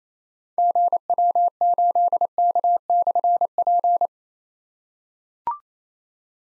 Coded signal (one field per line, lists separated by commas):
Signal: Morse code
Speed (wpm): 29 wpm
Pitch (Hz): 700 Hz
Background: none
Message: GW8K/P